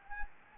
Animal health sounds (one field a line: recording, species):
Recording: mosquito wingbeat signal from an infrared sensor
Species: Anopheles gambiae